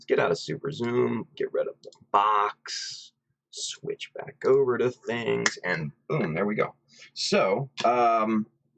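During a model-kit build, small plastic magazine parts for an MG Jesta are handled and positioned on the magazine rack on the model's arm while someone talks. Nothing has seated or clicked yet; the clip ends just before a part goes home.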